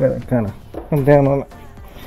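During a motor replacement on a Maytag dryer that won't stay on, the metal rear motor mounting clamp is being fitted onto the dryer motor bracket, to be pressed down with a screwdriver until it pops over the motor hub. Someone talks throughout with only faint handling noise underneath, and nothing has seated or clicked yet.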